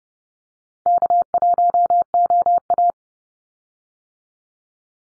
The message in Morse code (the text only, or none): K1OA